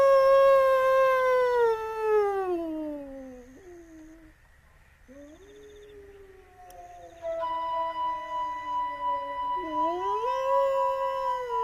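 Long, wavering wolf howls: a loud howl slides downward and fades, then after a brief lull new howls rise and glide, two of them overlapping toward the end. No one speaks.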